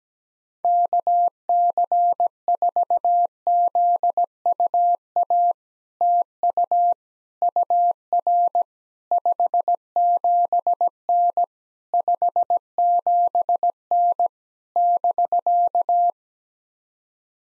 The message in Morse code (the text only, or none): KC4ZUA TU UR 57N 57N <BK>